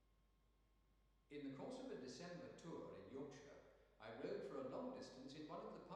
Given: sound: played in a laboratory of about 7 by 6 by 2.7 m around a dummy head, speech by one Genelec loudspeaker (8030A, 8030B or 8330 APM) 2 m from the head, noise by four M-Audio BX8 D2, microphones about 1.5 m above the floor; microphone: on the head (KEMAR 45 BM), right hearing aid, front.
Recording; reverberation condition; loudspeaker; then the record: male speech in English; high; 150 degrees to the right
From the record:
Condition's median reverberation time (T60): about 1300 ms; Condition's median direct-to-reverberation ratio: about -4.0 dB